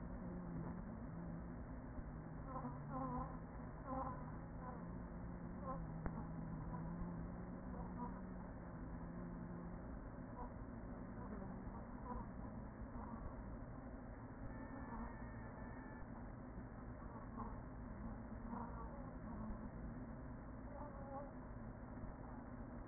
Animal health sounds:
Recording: honeybee colony, microphone inside the hive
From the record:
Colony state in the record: queen present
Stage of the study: after two queens were removed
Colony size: about 40,000 bees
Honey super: no

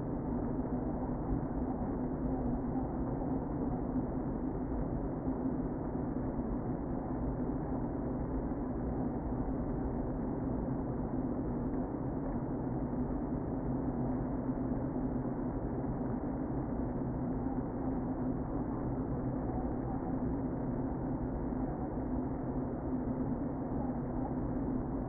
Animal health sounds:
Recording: honeybee colony, microphone inside the hive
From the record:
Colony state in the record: queen present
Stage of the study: before two queens were removed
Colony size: about 60,000 bees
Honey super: yes

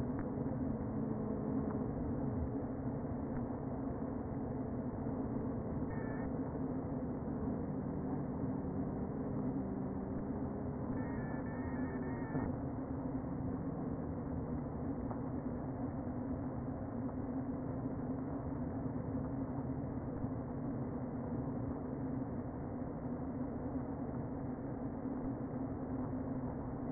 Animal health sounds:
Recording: honeybee colony, microphone inside the hive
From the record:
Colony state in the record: queen present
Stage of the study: before two queens were removed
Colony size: about 60,000 bees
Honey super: yes

